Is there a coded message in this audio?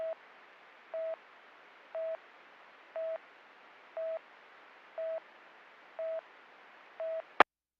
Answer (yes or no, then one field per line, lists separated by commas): no